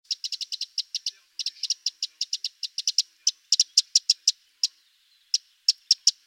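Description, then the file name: Eurasian wren giving rapid, sharp ticking calls in a loose series, several per second, with short pauses between bursts; no other sounds. "Troglodytes troglodytes"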